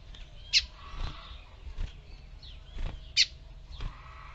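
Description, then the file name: Lined seedeater song: two sharp, bright high notes about two and a half seconds apart, with fainter short whistles and soft chirps between them over quiet low background noise. "canto do bigodinho"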